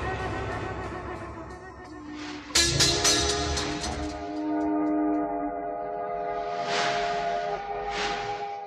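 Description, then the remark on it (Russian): A steam train whistle sounds in long, sustained harmonic blasts as the train moves off, with a burst of hissing steam around the middle and more hiss swelling toward the end; no one speaks. “Во все концы страны бегут длинные тяжелые поезда.”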